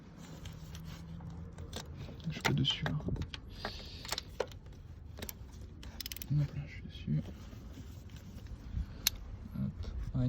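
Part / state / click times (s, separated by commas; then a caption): torque wrench tightening glow plug in cylinder head / torque reached / 9.1 s. A torque wrench set to 15 Nm with a 10 mm socket tightens a refitted glow plug in the cylinder head of a 2016 Opel Mokka X. Someone talks over soft ratcheting and small metallic taps. A single loud, sharp click at 9.1 s marks the wrench releasing at its torque setting.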